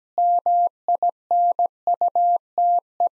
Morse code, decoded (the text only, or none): MINUTE